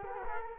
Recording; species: mosquito wingbeat signal from an infrared sensor; Culex quinquefasciatus